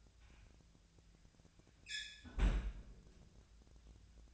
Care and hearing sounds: daily activity, microphone in the room; close fridge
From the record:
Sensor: 2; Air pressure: 1009.6 hPa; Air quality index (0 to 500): 181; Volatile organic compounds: 10 ppm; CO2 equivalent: 2261 ppm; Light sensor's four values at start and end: 27/65/28/31 and 27/65/28/31

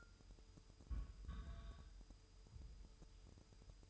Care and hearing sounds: daily activity, microphone in the room; place on stove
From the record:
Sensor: 2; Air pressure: 988.2 hPa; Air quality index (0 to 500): 190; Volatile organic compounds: 179 ppm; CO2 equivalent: 4138 ppm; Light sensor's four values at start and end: 21/71/28/27 and 21/71/28/27

